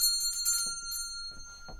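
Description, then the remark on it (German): A small pull bell for summoning a servant rings in a quick series of bright, high metallic strikes, its clear sustained tones shimmering over a faint low rumble, with a few softer knocks near the end. “Ziehen Sie die Klingel, habe ich gesagt.”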